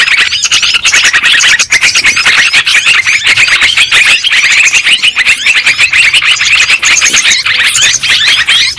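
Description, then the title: Many lovebirds giving harsh, high chirps in a constant jumble, the noisy flock chatter barely easing over the whole stretch. Lure sound used for trapping lovebirds. "PIKAT BURUNG LOVEBIRD"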